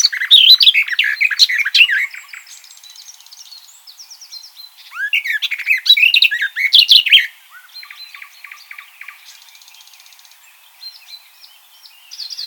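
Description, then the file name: Eurasian blackcap song: bursts of lively scratchy warbling alternate with quieter buzzy, evenly repeated notes, and the warble returns in the middle of the recording. "Sylvia atricapilla"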